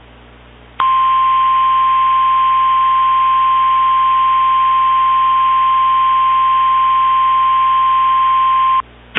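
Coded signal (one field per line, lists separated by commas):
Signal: Emergency Alert System (SAME) tones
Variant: 1050 Hz attention tone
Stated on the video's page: Remake of a statewide Blue Alert.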